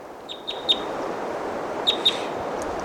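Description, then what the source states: Crossbill giving short, sharp high chip notes in small clusters, a few at the start and a pair near the end, against steady wind noise. Decoy crossbill number 318 calling, with another decoy bird nearby; pine oak forest on a ridge, windy, March 11.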